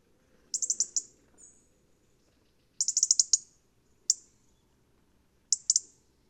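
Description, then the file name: European robin giving rapid high ticking calls in short runs separated by pauses, with a faint low rumble underneath. "Erithacus rubecula"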